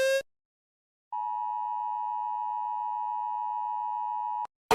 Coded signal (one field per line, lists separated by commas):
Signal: Emergency Alert System (SAME) tones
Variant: 853 and 960 Hz attention tone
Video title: Rating EAS alarms by how scary they are#easalert #alarm